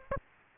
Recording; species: mosquito wingbeat signal from an infrared sensor; Aedes aegypti